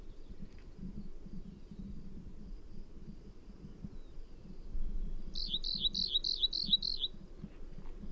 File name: ROWR song